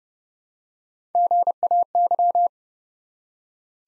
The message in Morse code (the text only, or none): GAY